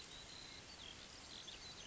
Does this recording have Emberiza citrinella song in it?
no